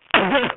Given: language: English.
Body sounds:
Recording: throat vibration sensor signal played as sound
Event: cough

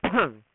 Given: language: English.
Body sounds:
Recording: throat vibration sensor signal played as sound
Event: cough

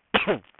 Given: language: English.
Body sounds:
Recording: throat vibration sensor signal played as sound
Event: cough

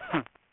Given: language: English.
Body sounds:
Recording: throat vibration sensor signal played as sound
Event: cough

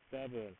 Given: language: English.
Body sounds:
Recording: throat vibration sensor signal played as sound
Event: speech

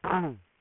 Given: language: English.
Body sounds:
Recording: throat vibration sensor signal played as sound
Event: throat clearing

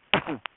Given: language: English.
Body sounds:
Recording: throat vibration sensor signal played as sound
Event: cough

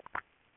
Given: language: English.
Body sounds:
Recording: throat vibration sensor signal played as sound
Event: swallow

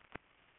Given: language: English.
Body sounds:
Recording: throat vibration sensor signal played as sound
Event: swallow

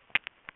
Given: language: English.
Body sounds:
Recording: throat vibration sensor signal played as sound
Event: swallow

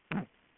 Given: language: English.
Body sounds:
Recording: throat vibration sensor signal played as sound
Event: throat clearing

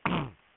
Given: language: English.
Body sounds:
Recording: throat vibration sensor signal played as sound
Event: throat clearing

